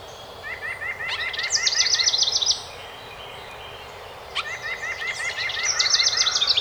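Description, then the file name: House wren song: two quick, jumbled trilled phrases, each joined by a lower series of repeated chirping notes, separated by a short quiet gap. Recorded 12 May 2018. "2018-05-12 HOWR"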